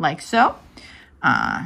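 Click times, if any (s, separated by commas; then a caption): none. Someone handles the second laptop RAM module at its memory slot while talking in short bursts, with a faint low handling sound in the quiet gap between the words. Nothing has seated or clicked yet; the module is not yet home.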